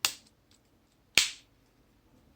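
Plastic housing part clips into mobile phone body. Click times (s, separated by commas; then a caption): 0.1 s, 1.2 s. A plastic housing part of a 2010 Samsung S5330 Wave 2 Pro mobile phone is slid all the way down and pressed so its locking clips snap into the phone body. Two sharp, loud clicks are heard at about 0.1 s and 1.2 s, with faint small ticks in between. The clips have snapped home and the housing part is seated.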